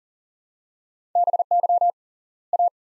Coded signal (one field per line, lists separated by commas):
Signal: Morse code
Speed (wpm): 40 wpm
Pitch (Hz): 700 Hz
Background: none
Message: BY A